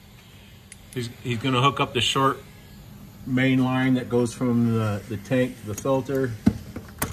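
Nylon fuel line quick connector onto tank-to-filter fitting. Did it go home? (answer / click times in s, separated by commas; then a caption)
no / none. Someone talks while the short nylon main fuel line, part number FL-FG0053, running from the tank to the filter on a 1999–2003 Silverado 5.3L truck, is handled for hookup to its quick-connect fitting under the truck. A few sharp ticks are heard around the speech. Nothing has seated or clicked yet.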